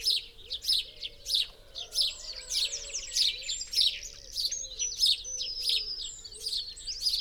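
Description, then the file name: House sparrow chirping, sharp chirps repeated steadily and insistently. "Passer domesticus"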